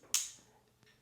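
A plastic ratcheting zip strap with teeth on both sides is pulled through the toothed grip of a handlebar camera mount. It gives a sharp, bright click at 0.1 s that fades quickly, followed by a faint tick near 0.8 s. The strap locks in the grip and will not come out.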